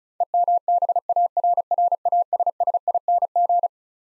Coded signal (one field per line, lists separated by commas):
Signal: Morse code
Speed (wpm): 36 wpm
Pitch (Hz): 700 Hz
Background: none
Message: EMBARRASSING